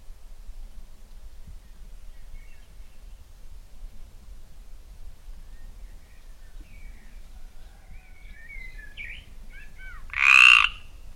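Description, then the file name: Mediterranean tree frog giving a single loud, rasping croak near the end, after a quiet stretch of faint bird twitters and low background rumble. Song recorded in the Limousin region. "RAINETTE-Méridionale Chant Limousin-BRUITX"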